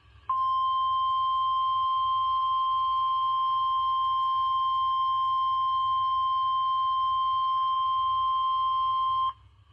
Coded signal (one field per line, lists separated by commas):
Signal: Emergency Alert System (SAME) tones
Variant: 1050 Hz attention tone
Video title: EAS 6840-6921 - My last EAS Comp before Rebrand and 2025